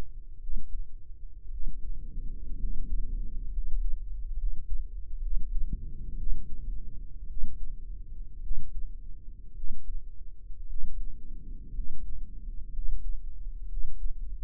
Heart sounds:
heart sounds by microphone in the right ear; 59 bpm
0.40 s: heartbeat
1.50 s: heartbeat
2.58 s: heartbeat
3.51 s: heartbeat
4.37 s: heartbeat
5.21 s: heartbeat
6.16 s: heartbeat
7.27 s: heartbeat
8.41 s: heartbeat
9.54 s: heartbeat
10.66 s: heartbeat
11.72 s: heartbeat
12.71 s: heartbeat
13.67 s: heartbeat
From the record:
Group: healthy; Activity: rest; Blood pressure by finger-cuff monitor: 130/74 mmHg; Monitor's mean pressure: 92 mmHg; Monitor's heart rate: 55 bpm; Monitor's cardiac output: 7.4 L/min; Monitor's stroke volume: 129 mL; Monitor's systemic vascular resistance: 940 dyn s/cm5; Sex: male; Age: 23 years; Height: 178 cm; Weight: 96.6 kg

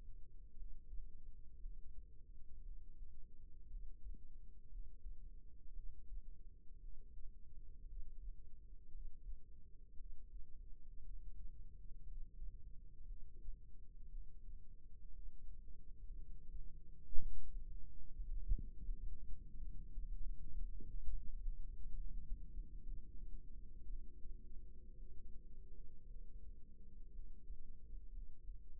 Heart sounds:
heart sounds by microphone in the right ear; 59 bpm
0.54 s: heartbeat
1.57 s: heartbeat
2.60 s: heartbeat
3.66 s: heartbeat
4.67 s: heartbeat
5.71 s: heartbeat
6.77 s: heartbeat
7.84 s: heartbeat
8.88 s: heartbeat
9.93 s: heartbeat
11.00 s: heartbeat
12.03 s: heartbeat
13.03 s: heartbeat
14.07 s: heartbeat
15.10 s: heartbeat
16.15 s: heartbeat
17.16 s: heartbeat
18.20 s: heartbeat
19.23 s: heartbeat
20.18 s: heartbeat
21.09 s: heartbeat
21.92 s: heartbeat
22.82 s: heartbeat
23.83 s: heartbeat
24.94 s: heartbeat
26.05 s: heartbeat
27.10 s: heartbeat
28.10 s: heartbeat
From the record:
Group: healthy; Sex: female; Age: 37 years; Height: 168 cm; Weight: 70 kg

